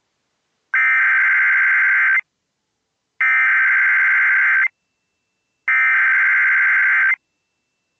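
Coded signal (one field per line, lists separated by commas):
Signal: Emergency Alert System (SAME) tones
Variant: header bursts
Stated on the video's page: Tennessee AMBER Alert relayed on an internet-monitored station from another station.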